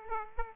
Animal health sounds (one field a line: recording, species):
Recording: mosquito wingbeat signal from an infrared sensor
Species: Aedes aegypti